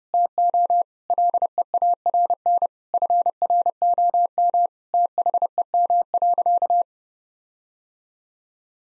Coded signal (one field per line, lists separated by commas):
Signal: Morse code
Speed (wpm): 32 wpm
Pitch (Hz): 700 Hz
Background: none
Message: TO LEARN FROM THEM.